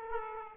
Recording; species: mosquito wingbeat signal from an infrared sensor; Aedes aegypti